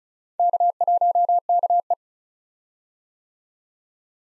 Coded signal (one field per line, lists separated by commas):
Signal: Morse code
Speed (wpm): 36 wpm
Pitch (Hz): 700 Hz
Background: none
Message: K1KE